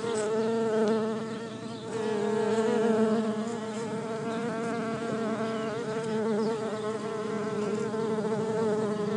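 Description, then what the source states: Bumblebee buzzing as a steady, low droning hum with stacked harmonics, loudness rising briefly around the second and third seconds before settling. Bumblebee hive.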